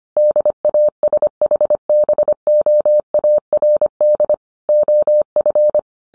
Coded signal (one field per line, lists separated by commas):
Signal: Morse code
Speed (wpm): 25 wpm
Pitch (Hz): 600 Hz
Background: none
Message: DASHBOARD OF